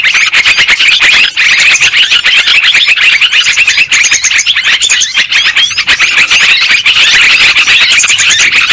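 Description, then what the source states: Lovebirds chatter loudly and constantly, a high-pitched jumble of squeaky twitters and clipped squeals from a group. Lure sound used for trapping lovebirds.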